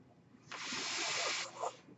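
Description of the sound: A single one-second rush of airy hiss, the breath delivered by a home mechanical ventilator.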